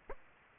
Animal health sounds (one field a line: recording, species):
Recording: mosquito wingbeat signal from an infrared sensor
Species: Aedes aegypti